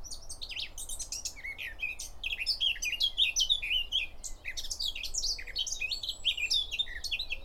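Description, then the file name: Eurasian blackcap singing a rapid, rich warble of varied chirps and twittering notes, continuous throughout with a low background hum. "Sylvia atricapilla"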